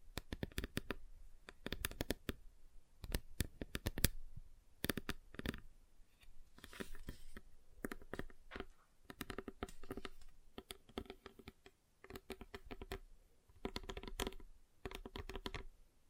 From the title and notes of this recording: ASMR Relaxing Table Tapping Different Surfaces (No Talking).